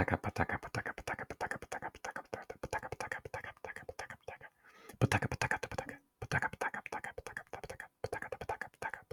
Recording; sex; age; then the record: repeated syllables /pa ta ka/; male; 40 to 49 years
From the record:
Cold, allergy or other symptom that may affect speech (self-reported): no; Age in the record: 49 years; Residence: Colorado, United States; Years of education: 14